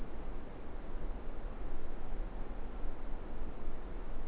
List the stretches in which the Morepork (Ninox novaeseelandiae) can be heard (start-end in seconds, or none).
none